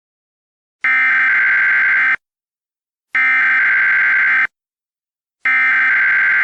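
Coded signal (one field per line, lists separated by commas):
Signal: Emergency Alert System (SAME) tones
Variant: header bursts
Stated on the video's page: Fictional EAS scenario, simulated alert.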